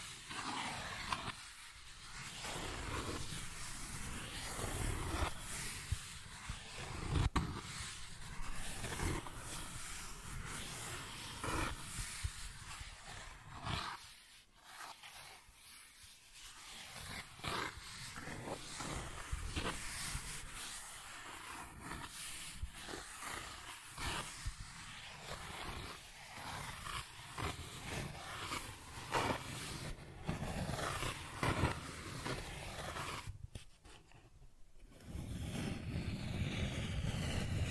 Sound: Cardboard Scratching, Tracing, Tearing